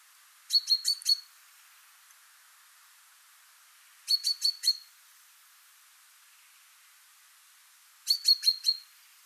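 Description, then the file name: Common chaffinch uttering three rapid bursts of four clicking, ticking notes each, about four seconds apart, otherwise quiet. "Fringilla coelebs"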